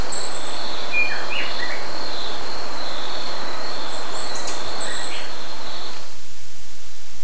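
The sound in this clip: Bird call: high twittering phrases at the start and again after four seconds, set against heavy hiss and a droning high band.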